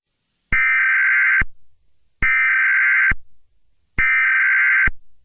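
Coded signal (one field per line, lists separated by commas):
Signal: Emergency Alert System (SAME) tones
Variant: header bursts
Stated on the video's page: Fictional EAS scenario, not a real alert.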